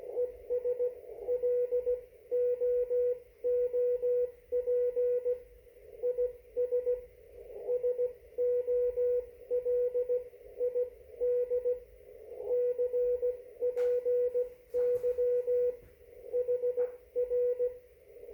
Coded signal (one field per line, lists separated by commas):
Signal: Morse code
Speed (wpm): 16 wpm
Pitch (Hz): 490 Hz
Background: radio noise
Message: ESLOOP IS SOLID CPY HR